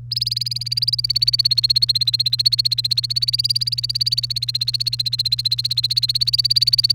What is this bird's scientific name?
Serinus canaria